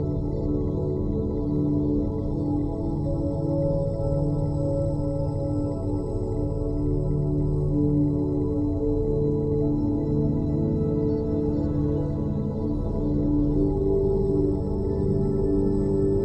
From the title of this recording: Binaural Beats